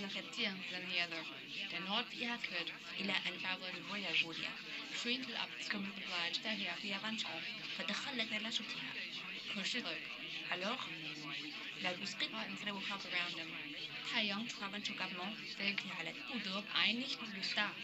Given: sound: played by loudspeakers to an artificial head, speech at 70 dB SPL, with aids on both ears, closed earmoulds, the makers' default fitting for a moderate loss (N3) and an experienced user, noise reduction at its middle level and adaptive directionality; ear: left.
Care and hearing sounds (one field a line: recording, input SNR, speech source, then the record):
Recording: speech test signal (ISTS) in cocktail-party noise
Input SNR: +6 dB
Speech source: in front (0 degrees)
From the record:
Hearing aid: class 1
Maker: D